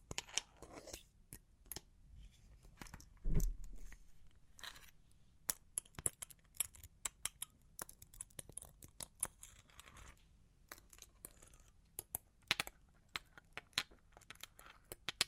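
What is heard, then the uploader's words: Long claws tap and scratch in quick, irregular clicks that run the whole way through, some sharp and bright, others soft brushing scrapes. A low thump lands near three seconds. Clusters of taps bunch up around ten to thirteen seconds. Long Claws Tapping and Scratching (No Talking).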